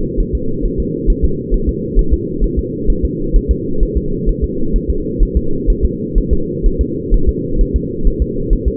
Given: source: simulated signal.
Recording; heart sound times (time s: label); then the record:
fetal heart sounds
0.20 s: S1
0.35 s: S2
0.65 s: S1
0.80 s: S2
1.10 s: S1
1.25 s: S2
1.54 s: S1
1.69 s: S2
1.99 s: S1
2.14 s: S2
2.44 s: S1
2.59 s: S2
2.90 s: S1
3.05 s: S2
3.36 s: S1
3.51 s: S2
3.83 s: S1
3.97 s: S2
4.29 s: S1
4.44 s: S2
4.76 s: S1
4.90 s: S2
5.23 s: S1
5.37 s: S2
5.70 s: S1
5.85 s: S2
6.18 s: S1
6.33 s: S2
6.66 s: S1
6.81 s: S2
7.14 s: S1
7.29 s: S2
7.61 s: S1
7.76 s: S2
8.07 s: S1
8.22 s: S2
8.53 s: S1
8.68 s: S2
From the record:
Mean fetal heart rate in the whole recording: 130 bpm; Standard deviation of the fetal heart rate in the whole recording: 4 bpm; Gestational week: 38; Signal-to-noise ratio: -8.1 dB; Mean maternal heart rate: 72 bpm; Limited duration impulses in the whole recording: absent